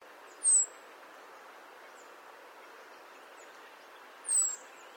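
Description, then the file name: European robin giving two thin, very high descending whistles about four seconds apart over a steady low hiss. "Erithacus rubecula"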